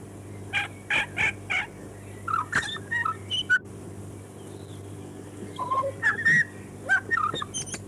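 Chatham Island tui song opening with four loud ringing whistles, then a mix of warbling notes, clicks and squeaks over a steady low hum.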